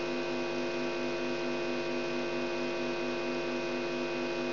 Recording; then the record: brain microelectrode recording played as sound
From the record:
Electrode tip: outside the subthalamic nucleus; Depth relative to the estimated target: -8 mm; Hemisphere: left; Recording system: AlphaMap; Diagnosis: Parkinson's disease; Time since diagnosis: 17 years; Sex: female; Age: 63 years